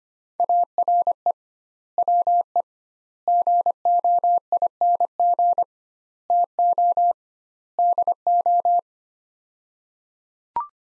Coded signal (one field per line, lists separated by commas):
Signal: Morse code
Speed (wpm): 25 wpm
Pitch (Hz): 700 Hz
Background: none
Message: ARE WE GOING TO DO